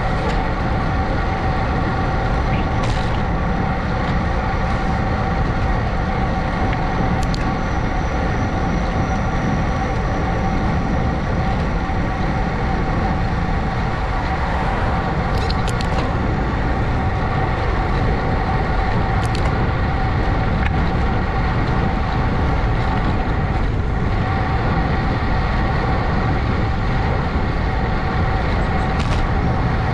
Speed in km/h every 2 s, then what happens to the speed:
27, 27, 27, 26, 26, 26, 27, 31, 32, 34, 34, 34, 32, 32, 32.
0-10 steady at about 26. 10-17 speeds up to 34. 17-30 steady at about 32.